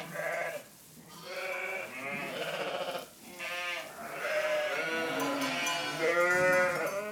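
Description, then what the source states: Sheep bleating almost continuously, many wavering calls at varied pitches. Ewes (brebis).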